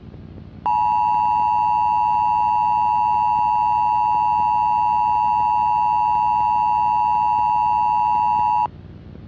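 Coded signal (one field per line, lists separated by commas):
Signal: Emergency Alert System (SAME) tones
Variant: 853 and 960 Hz attention tone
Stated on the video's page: Fictional EAS scenario, simulated alert.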